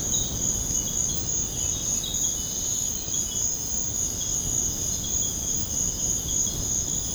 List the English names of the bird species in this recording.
none